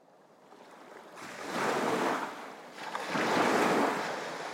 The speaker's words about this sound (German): Und das Tosen der Brandung übertönte all die Stimmen in seinem Kopf